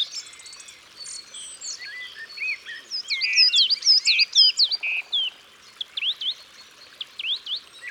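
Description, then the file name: Song thrush song, busy run of looping whistles and rattles that grows louder midway, then a few repeated upslurred notes. Isère, France. "Grive-musicienne-Concerts-naturels-de-l Isere-Studio-Les-Trois-Becs"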